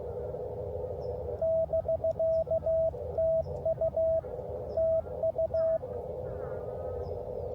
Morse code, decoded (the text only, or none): <BK> TU TU